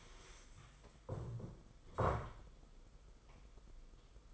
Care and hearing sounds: daily activity, microphone in the room; stand up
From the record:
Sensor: 5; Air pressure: 990.7 hPa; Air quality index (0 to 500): 150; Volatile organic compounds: 162 ppm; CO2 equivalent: 4072 ppm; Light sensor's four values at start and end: 42/129/50/53 and 42/129/49/53

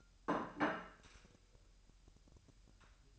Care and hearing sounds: daily activity, microphone in the room; place plate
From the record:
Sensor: 2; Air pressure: 1001.9 hPa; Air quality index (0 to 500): 249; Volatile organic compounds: 40 ppm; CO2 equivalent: 3148 ppm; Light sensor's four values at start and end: 8/28/11/10 and 8/28/11/10

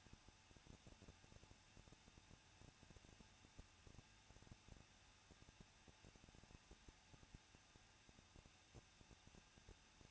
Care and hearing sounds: daily activity, microphone in the room; no activity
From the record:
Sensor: 2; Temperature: 21.0 degrees Celsius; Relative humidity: 37.5%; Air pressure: 1006.3 hPa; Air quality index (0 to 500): 223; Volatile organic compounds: 25 ppm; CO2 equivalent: 2827 ppm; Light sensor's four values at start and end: 2/3/2/2 and 2/3/2/2

